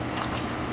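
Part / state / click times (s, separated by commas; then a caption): display assembly part going into the CD player's front panel / not seated / none. A plastic display-assembly part is angled into the front panel of a Studer A727 professional CD player during maintenance. Only a steady low handling noise is heard, with no distinct click. Nothing has seated or clicked yet.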